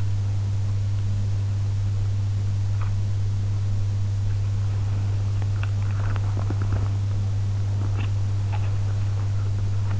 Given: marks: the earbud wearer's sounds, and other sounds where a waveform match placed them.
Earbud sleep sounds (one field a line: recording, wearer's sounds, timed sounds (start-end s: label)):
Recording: sounds in sleep by an in-ear microphone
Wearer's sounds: teeth grinding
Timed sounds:
5.59-10.00 s: teeth grinding